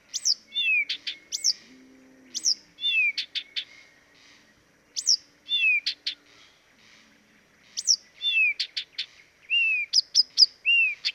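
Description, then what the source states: Blyth's reed warbler song: varied phrases of sharp clicks, high swooping whistles and falling slurred notes, with short pauses between. Dviete.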